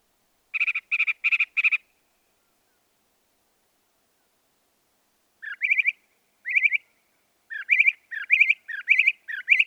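Northern mockingbird singing: a burst of four harsh buzzy notes, a pause, then varied upslurred chirps repeated in quick series.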